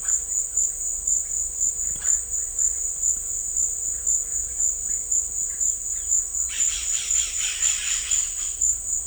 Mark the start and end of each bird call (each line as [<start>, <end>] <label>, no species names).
[6.52, 8.52] bird call